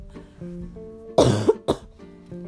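An adult woman coughs suddenly while recovering at home from COVID-19, on the last day of home isolation.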